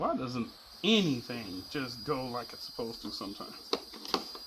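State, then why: Seated. Someone talks while retrying the latch that joins the tank halves of a portable camping toilet. On the retry, the latch snaps shut with a quick double click at 4.1 and 4.1 seconds, and the halves are seated.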